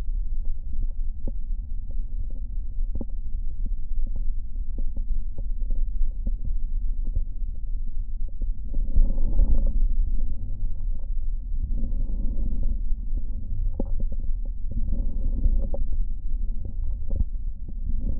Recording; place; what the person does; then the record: lung sounds by stethoscope; left posterior basal chest; quiet breathing, then deep breathing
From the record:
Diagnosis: COPD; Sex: male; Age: 77 years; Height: 172 cm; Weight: 85.2 kg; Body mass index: 28.8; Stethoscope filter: diaphragm mode